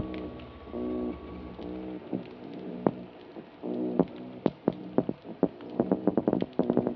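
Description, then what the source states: Mulloway calls: low, throbbing pulsed grunts in short bursts, followed by a quicker run of sharp knocks and taps toward the end. Category 3 call type.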